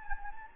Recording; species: mosquito wingbeat signal from an infrared sensor; Anopheles gambiae